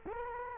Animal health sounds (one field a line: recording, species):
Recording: mosquito wingbeat signal from an infrared sensor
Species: Culex quinquefasciatus